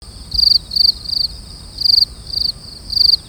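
Insect chirping in several short pulsed bursts over a few seconds, with a fainter steady high hum and low background rumble.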